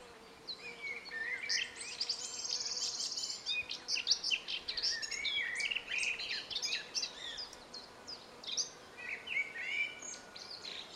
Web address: pub SETE data Sylvia atricapilla